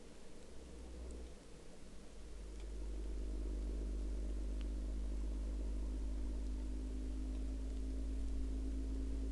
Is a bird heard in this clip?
no